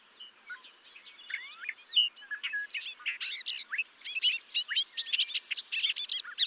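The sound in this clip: Bobolink song: a long, rapid, bubbling outpouring of jangling, metallic notes that builds from soft to loud and keeps tumbling along throughout.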